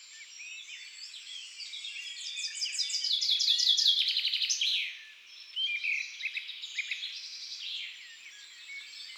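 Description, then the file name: Common chaffinch song, one loud rapid trill of repeated notes ending abruptly, then quieter phrases amid a steady chorus of other songbirds. In woods and forests. "Pinson des arbres Chants doiseaux des bois et des forets"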